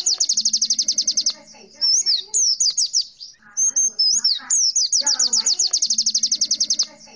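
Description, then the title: White-eye song opening with a quick string of bright repeated chirps, then a pause and twisting warbled notes before another fast chirp run, faint low hum behind. "Pleci"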